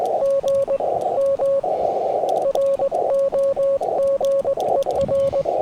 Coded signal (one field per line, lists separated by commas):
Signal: Morse code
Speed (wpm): 20 wpm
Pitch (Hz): 550 Hz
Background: radio noise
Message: GM ROGER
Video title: Dummy accidentally uses dummy load for POTA! #cw #parksontheair #hamradio #qrp